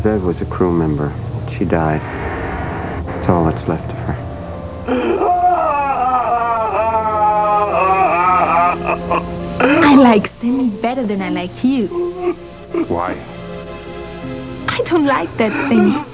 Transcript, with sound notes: Zev was a crew member. She died. That's all that's left of her. (790 sobs uncontrollably)
I like Stanley better than I like you.
Why?
I don't like dead things.